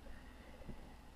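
A cooking pot is handled on a Jetboil camp stove, being set onto the stove's two burner guides to be twisted and locked in place. Steady low, windy background noise fills the clip, with one faint low thump near 0.7 s. Nothing has seated or clicked yet.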